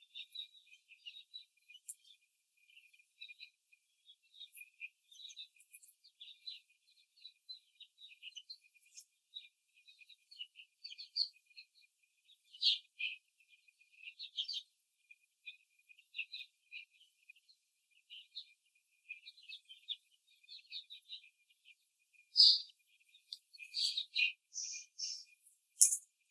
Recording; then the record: young laying hens in a cage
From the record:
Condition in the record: before the stressor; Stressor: simulated dog barking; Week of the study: 3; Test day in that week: 2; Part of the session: 3